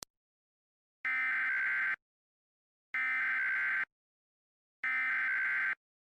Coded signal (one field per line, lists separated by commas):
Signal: Emergency Alert System (SAME) tones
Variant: header bursts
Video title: EAS Mock - The Roach Invasion (Part 2)